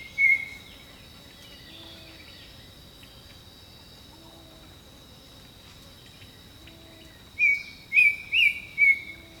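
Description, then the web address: Bird song: a brief whistle, a long pause, then four rapid whistled notes, set against a constant high insect buzz and soft low calls. Jungle birdsong. "Echoes of Nature - Jungle Talk Jungle Birdsong"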